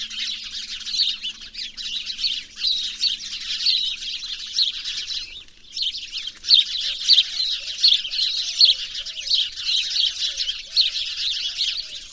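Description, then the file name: House sparrows chirping in a busy overlapping chorus that drops briefly mid-way, then resumes; a faint low hum and soft lower notes sit beneath the chatter. "Passer domesticus"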